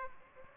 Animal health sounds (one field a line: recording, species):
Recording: mosquito wingbeat signal from an infrared sensor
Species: Aedes aegypti